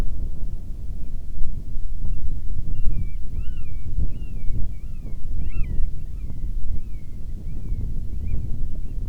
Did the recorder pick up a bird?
yes